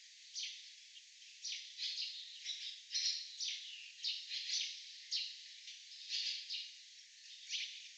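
Barn swallow calls: sharp, high chirping notes about once a second, some doubled, over a faint hiss.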